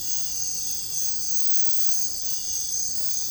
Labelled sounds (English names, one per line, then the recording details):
none
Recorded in dense forest near Puerto Asís, Putumayo, Colombia, on 21 February 2024 at 05:30
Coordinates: 0.487, -76.319
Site G6403